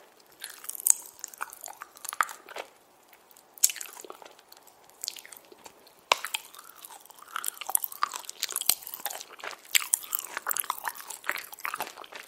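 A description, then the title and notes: Popping candy jelly being eaten: dense, bright crackling and snapping bursts with wet chewing, sharper pops near 1, 3.6 and 6 seconds. 팝핑캔디+젤리 이팅사운드 | popping candy jelly eating sound.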